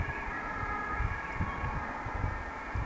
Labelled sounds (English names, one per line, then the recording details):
Eurasian Woodcock whistle
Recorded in Baden-Württemberg, Germany, on 17 June 2020 at 19:23 UTC
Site 14569, 102 m above sea level